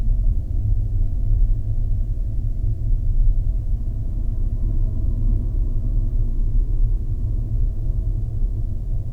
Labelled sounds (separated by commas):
machinery, flare stack